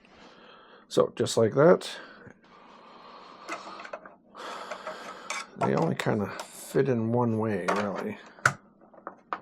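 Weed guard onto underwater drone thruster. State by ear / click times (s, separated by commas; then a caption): seated / 8.5 s, 9.3 s. Plastic weed guards are pressed onto the thruster housings of a Qysea Fifish V-Evo underwater drone; they fit only one way. Someone talks while the guards go on, and sharp clicks at 8.5 s and 9.3 s mark the guards snapping into place, seated.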